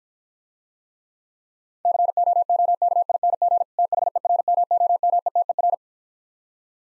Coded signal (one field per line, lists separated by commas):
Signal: Morse code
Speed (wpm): 55 wpm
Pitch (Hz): 700 Hz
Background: none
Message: COOKING THERMOMETER